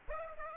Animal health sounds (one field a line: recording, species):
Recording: mosquito wingbeat signal from an infrared sensor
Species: Aedes aegypti